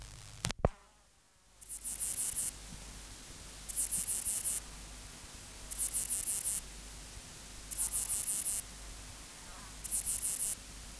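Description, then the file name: Ephippigerida areolaris song, a series of high buzzy chirps about every two seconds, after a sharp click and a brief hush at the start, with a low hum throughout. "Ephippigerida areolaris"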